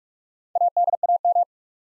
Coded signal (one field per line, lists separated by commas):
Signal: Morse code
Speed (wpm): 41 wpm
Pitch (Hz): 700 Hz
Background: none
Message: ADAM